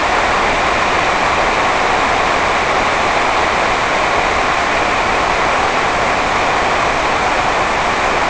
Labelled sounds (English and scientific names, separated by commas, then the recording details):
none
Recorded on Arctic tundra, site NAIT-1, on 28 June 2018
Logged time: 11:00